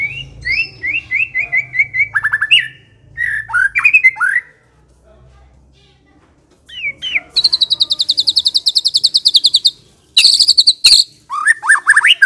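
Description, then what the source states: White-rumped shama singing repeated whistled notes, slurs, then a long fast high trill and sharp chips; low hum early on. Pancingan (lure) recording of a fierce white-rumped shama (murai batu galak).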